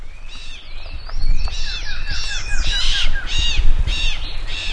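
Bird calls: several birds give harsh, arched squawks, overlapping and repeated many times, over a steady low rumbling background.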